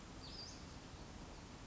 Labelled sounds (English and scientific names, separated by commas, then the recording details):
Western Flycatcher (Empidonax difficilis)
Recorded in Sonoma County, California